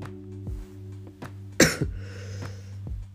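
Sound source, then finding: Man. Cough.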